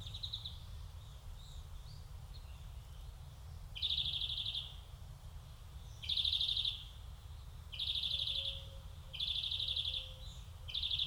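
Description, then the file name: European greenfinch with faint notes at first, then several loud buzzy trills, plus a faint low whistle, over rumble. "Chloris chloris"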